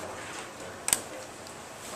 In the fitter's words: make sure it snaps back into place.